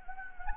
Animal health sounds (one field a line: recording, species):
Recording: mosquito wingbeat signal from an infrared sensor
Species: Anopheles gambiae